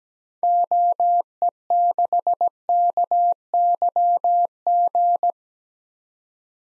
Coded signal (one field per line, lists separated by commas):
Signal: Morse code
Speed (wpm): 17 wpm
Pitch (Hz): 700 Hz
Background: none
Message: OE6KYG